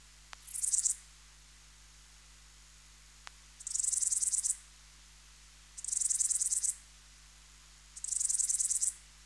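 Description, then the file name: Bush-cricket song of high buzzy rasping bursts, four of them at intervals of a few seconds, the first short and faint, with a couple of faint clicks. "Baetica ustulata"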